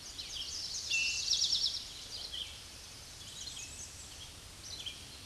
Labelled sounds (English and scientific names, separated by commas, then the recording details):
Eastern Towhee (Pipilo erythrophthalmus) song
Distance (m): 10 m
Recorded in a Pennsylvania forest on 16 May 2024 at 06:49
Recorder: AudioMoth, point MSD-2040
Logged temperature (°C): 15.3 °C
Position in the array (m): 92 m, 159 m